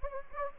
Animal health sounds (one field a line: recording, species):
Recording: mosquito wingbeat signal from an infrared sensor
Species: Anopheles gambiae